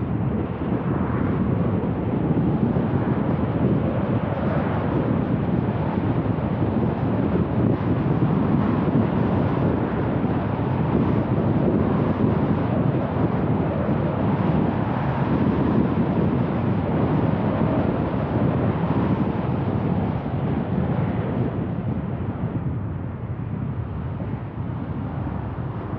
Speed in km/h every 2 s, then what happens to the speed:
53, 57, 59, 60, 60, 59, 56, 53, 46, 36, 28, 27, 31.
0-5 speeds up to 60. 5-10 steady at about 60. 10-20 slows to 28.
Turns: none.